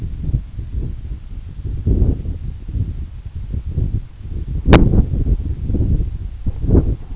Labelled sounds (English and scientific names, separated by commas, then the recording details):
none
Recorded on Arctic tundra, site EABA-1, on 29 June 2018
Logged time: 20:00